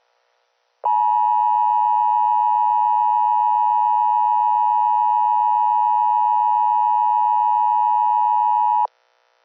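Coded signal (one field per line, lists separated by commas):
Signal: Emergency Alert System (SAME) tones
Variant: 853 and 960 Hz attention tone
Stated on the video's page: Fictional EAS scenario preview, made with text-to-speech and audio editing software.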